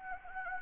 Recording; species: mosquito wingbeat signal from an infrared sensor; Anopheles gambiae